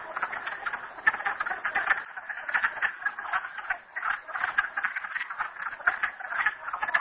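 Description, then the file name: Frog chorus of many overlapping rattling, clucking calls, pulsing unevenly in loud and softer waves. Recorded at Merryspring. "frogs merryspring 42008"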